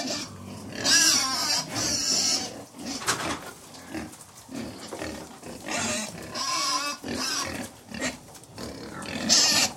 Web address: Middle White Pigs, interior, approx 100 pigs feeding very noisily